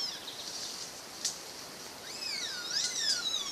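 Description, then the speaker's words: Baird's tapir high-pitched squealing: thin, wavering squeals that rise and fall, strongest near the end, over a steady hiss of background noise. Described as high-pitched squealing. "And that high-pitched squealing you're listening to, that is the sound of a Baird's tapir."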